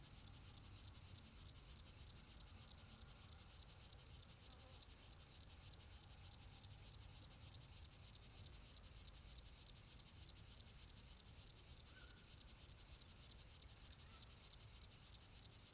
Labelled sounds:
Upland Field Grasshopper (Chorthippus apricarius) stridulation
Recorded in the wild
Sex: male
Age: adult
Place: Bernau bei Berlin, Barnim, Brandenburg, DE
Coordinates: 52.6615, 13.6402
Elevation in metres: 90
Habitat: orchard meadow
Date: 2023-08-12 17:29
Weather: 25°C, no wind
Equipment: Smartphone Huwai P20 Lite, Batcorder app
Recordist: Frommolt, Karl-Heinz

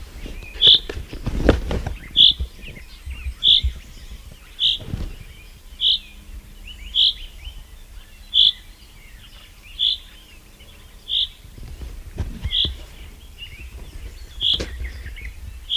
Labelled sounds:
Common Chaffinch (Fringilla coelebs) call
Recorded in the wild
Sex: male
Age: adult
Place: Lüdersdorf, Barnim, Brandenburg, DE
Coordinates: 52.9222, 14.0772
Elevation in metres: 53
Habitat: wood
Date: 2006-04-13 19:30
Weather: overcast, almost no wind, 10°C
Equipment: Marantz PMD 671, Sennheiser MKH 70, Popschutz
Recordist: Frommolt, Karl-Heinz

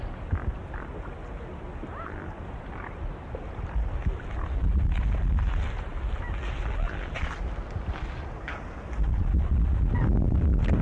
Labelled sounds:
Mute Swan (Cygnus olor) call
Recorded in the wild
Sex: diverse
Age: diverse
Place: Königswartha, Oberlausitz, Sachsen, DE
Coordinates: 51.3544, 14.3306
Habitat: pond
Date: 1989-08-05 15:55
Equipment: Riporter 6 RG-K, Sennheiser MKH 416 T, Kopie Uher Report Stereo IC
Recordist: Frommolt, Karl-Heinz
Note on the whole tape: Teichgebiet Wartha: Ansammlung von 70 Tieren beim Gründeln

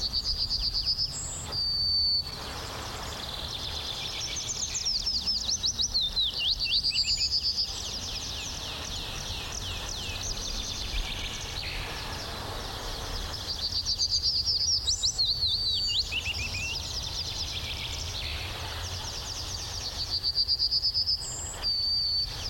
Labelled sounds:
Yellowhammer (Emberiza citrinella)
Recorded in the wild
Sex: male
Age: adult
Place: Berlin Blankenfelde, Berlin, DE
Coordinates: 52.626, 13.392
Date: 1993-04-20 11:00
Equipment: Sony WM-D6C, Sennheiser ME 80, K 30 AV, Kopie Tascam 22-2
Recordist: Quaisser, Christiane
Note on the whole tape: 2 singende Tiere (oder 1 sehr variables). Schildow, Schwarzwasserteich

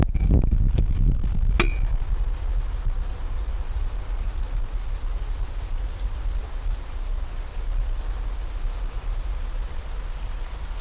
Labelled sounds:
Great Spotted Woodpecker (Dendrocopos major) drumming
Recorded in the wild
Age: adult
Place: Lienen, Nordrhein-Westfalen, DE
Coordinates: 52.145, 7.974
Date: 1991-09-14
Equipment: Marantz, Sennheiser ME 80, Kopie Tesla B 116
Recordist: Tembrock, Günter
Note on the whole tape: Hämmern

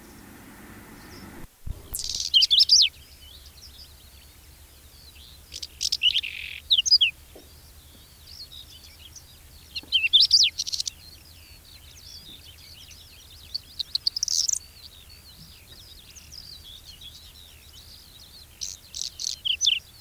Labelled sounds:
Whinchat (Saxicola rubetra) song
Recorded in the wild
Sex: male
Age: adult
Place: Neunkirchen am Brand, Bayern, DE
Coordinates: 49.6036, 11.1381
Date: 1964-06-20
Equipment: Nagra, Original, Vollspur
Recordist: Tretzel, Erwin
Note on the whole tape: Neunkirchen am Brand (Ortsausgang Richtung Kleinsendelbach): Braunkehlchen imitiert: Grauammer, Stieglitz und Nachtigall-Strophe und "krrr"

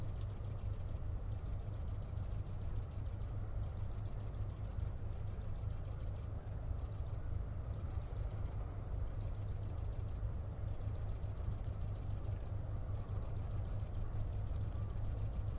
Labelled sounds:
Great Green Bush-cricket (Tettigonia viridissima) stridulation
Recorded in the wild
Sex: male
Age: imago
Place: Kloster, Insel Hiddensee, Mecklenburg-Vorpommern, DE
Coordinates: 54.5908, 13.1058
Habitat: meadow
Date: 2008-09-09 20:30
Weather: ca. 15°C
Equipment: Sound Devices 702, Sennheiser MKH 70, Windkorb
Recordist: Frommolt, Karl-Heinz

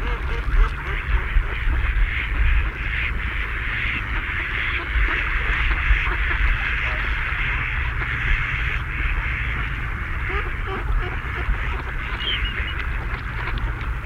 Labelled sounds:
Mallard (Anas platyrhynchos) call
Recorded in the wild
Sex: male
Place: Putbus, Insel Rügen, Mecklenburg-Vorpommern, DE
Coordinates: 53.455, 13.186
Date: 1980-02-24
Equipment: Nagra III BH, Sennheiser MD 21, parabola
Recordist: Schubert, Michael

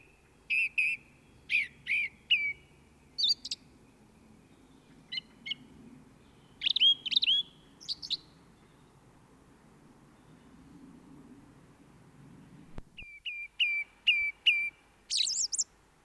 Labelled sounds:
Song Thrush (Turdus philomelos) song
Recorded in the wild
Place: Michelstadt, OT Vielbrunn, Hessen, DE
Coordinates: 49.7139, 9.09778
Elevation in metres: 432
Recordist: Tretzel, Erwin

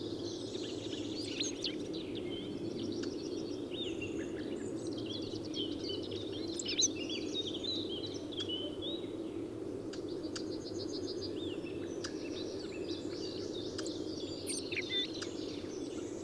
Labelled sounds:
Eurasian Blackcap (Sylvia atricapilla) song
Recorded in the wild
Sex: female
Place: Groß Nemerow, Mecklenburg-Vorpommern, DE
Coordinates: 53.345, 13.205
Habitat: Forest
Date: 1982-04-26
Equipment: Nagra III BH, Sennheiser MD 21, parabola
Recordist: Schubert, Michael

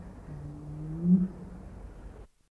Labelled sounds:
Southern Crowned-Pigeon (Goura scheepmakeri) call
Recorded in captivity
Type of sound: call
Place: Zoo Rotterdam, NL
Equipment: Halbspur, 9,5 cm/s
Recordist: Lütgens, Hans
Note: Rufe

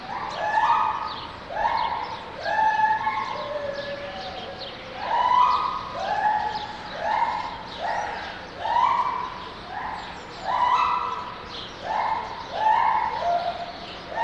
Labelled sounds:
Lar Gibbon (Hylobates lar)
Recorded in captivity
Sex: pair
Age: adult
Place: Zoo Berlin, Berlin, DE
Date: 1989-02-22
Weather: sonnig, 2-7°C
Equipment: Sony WM-D6C, Sony ECM-939 LT, Kopie Tesla B 116
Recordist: Tembrock, Günter

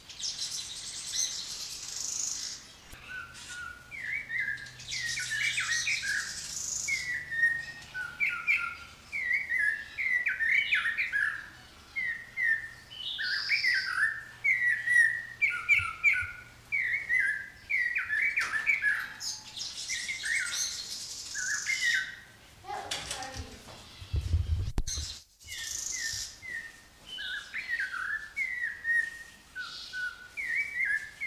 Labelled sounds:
Snowy-crowned Robin-Chat (Cossypha niveicapilla) song
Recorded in captivity
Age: adult
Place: Zoo Berlin, Berlin, DE
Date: 2003-01-17 16:20
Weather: fair, 5°C
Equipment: Nagra SN, Kopie Uher 4000 Report Monitor
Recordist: Tembrock, Günter
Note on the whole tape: Gesang (Entfernung ca. 50 cm)

